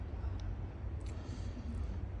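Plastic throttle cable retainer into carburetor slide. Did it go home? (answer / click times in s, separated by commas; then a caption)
no / none. A plastic throttle cable retainer on a 2003 Yamaha YZ85 is flipped 180 degrees and pushed into the carburetor slide, against a steady low rumble with a faint, brief tick at 0.4 s. The retainer only almost goes in and does not snap fully home; nothing has clicked or seated yet.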